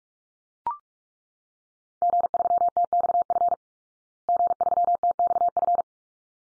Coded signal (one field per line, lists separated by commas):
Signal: Morse code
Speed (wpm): 44 wpm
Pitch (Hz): 700 Hz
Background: none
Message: G3TXF G3TXF